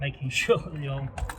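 Someone talks while handling a canvas pram cover, lining up its press stud sockets over newly fitted male press studs on a boat door, with light tapping and rustling handling noises throughout. The clip ends before any stud snaps home, so nothing has seated or clicked yet.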